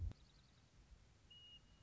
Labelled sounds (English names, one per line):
Western Meadowlark